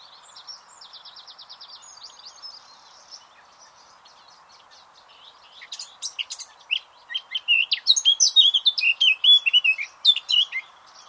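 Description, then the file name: Eurasian blackcap song: soft rapid chattering trills first, then a pause, then a loud fluting warble of varied whistled notes. "Sylvia atricapilla"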